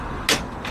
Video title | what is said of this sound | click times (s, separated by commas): NEW ! Roll n Lock A Series XT on a 2024 Toyota Tacoma review by Chris from C&H Auto Accessories | I don't know if here, let's see here, hear that little click. | 0.3 s